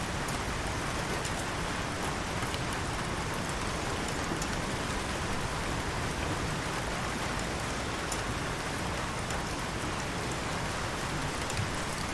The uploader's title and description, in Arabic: قطرات المطر على النهر. حيث تقبّل قطرات المطر اللطيفة سطح قناة هادئة